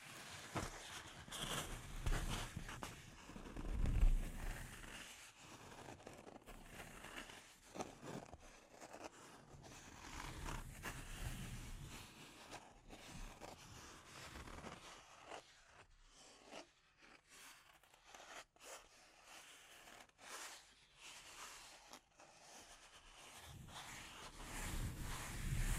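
Delicate scratching and tapping on a microphone, a dense run of small dry scrapes and clicks that rise and fall in intensity. A louder low thump lands near four seconds, the texture thins into sparse ticks after fifteen seconds, and it swells again at the end.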